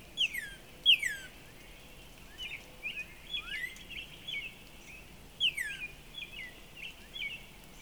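Northern Cardinal song: a few loud down-slurred whistles, with softer chattering bird notes and steady background noise.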